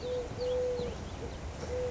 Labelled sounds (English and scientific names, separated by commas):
Eurasian Collared Dove (Streptopelia decaocto)